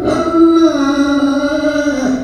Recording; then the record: squeal of a Yucatan mini pig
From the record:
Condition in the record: after surgery on the right vocal fold (resection and tissue-engineered implant); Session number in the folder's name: 9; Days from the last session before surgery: 65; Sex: female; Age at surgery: 19 weeks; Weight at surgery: 25 kg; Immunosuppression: prednisolone